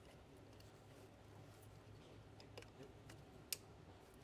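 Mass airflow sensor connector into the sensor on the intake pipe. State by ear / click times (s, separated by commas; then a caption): seated / 3.5 s. A mass airflow sensor's plastic electrical connector is pushed onto the sensor on the intake pipe of a K&N cold air intake on a Honda Civic, after its cable is routed along the heat shield. Faint ticks come around 2.4–2.6 s before one sharp, loud click at 3.5 s. The connector clicks in and is seated.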